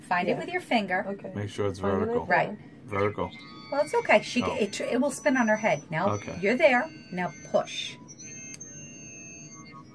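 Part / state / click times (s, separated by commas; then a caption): hearing sound processor onto head-mounted abutment post / not seated / none. Someone pushes a Baha bone-anchored hearing sound processor onto the skin-mounted abutment post on a person's head while people talk throughout. After the talk fades, a brief high tone sounds near 8.6 s. The processor is not all the way in, and nothing has snapped or clicked into place yet.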